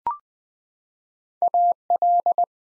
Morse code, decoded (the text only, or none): AL